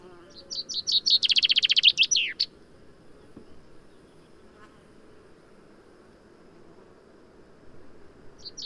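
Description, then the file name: Common chaffinch delivers one rapid song, a quickening series of notes into a dense trill and a falling end flourish, then quiet background with another phrase starting at the end. "Fringilla coelebs"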